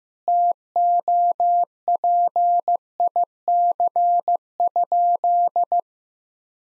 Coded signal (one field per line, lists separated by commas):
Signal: Morse code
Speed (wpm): 15 wpm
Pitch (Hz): 700 Hz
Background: none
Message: TOPIC?